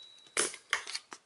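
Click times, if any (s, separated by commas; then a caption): 0.7 s. A CPU heatsink is pressed down onto the freshly pasted processor of an old Dell Optiplex GX280 motherboard and into its green plastic retention bracket. A crunching scrape comes first, then a loud plastic snap at 0.7 s, followed by a few smaller clicks and rattles. The heatsink is seated in the bracket.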